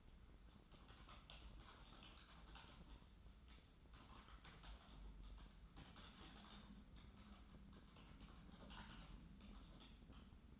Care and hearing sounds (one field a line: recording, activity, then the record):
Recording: daily activity, microphone in the room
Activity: typing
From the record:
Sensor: 3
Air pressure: 994.4 hPa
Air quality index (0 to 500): 205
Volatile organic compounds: 1000 ppm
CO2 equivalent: 6802 ppm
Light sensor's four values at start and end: 87/204/85/81 and 86/201/83/79